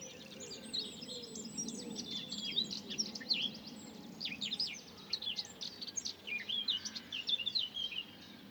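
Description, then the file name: Bird song: dense high chirps and quick twittering phrases throughout, over a low background hum. Recorded in the morning. "bird singing morning"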